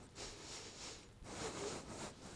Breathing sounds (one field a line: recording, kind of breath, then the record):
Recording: one breath in and out by a microphone near the nose and mouth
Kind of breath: strong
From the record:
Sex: male